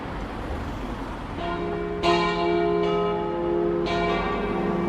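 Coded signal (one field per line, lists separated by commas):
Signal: bell signal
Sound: church bells ringing with overlapping strikes and long ringing tones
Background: outdoor ambience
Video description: Battiore e dopli (dura 2 minuti e mezzo) delle 17:30 per la Messa prefestiva delle 18:00 nella vigilia della Solennità di Tutti i Santi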